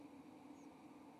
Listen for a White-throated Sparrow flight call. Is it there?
no